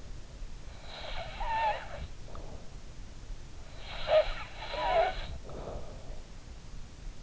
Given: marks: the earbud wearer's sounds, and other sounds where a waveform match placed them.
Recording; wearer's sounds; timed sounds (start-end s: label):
sounds in sleep by an in-ear microphone; snoring breath
0.75-2.74 s: snoring breath
3.85-5.83 s: snoring breath